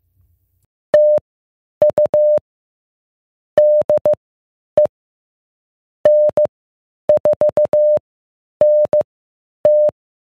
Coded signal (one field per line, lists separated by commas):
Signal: Morse code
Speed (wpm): 15 wpm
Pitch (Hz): 600 Hz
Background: none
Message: TU DE N4NT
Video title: Getting Started in Ham Radio: A Beginner's Guide